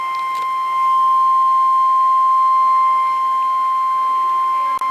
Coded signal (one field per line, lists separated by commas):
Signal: Emergency Alert System (SAME) tones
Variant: 1050 Hz attention tone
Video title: EAS #80 - Severe Thunderstorm Warning (Live Stream) 10-4-2013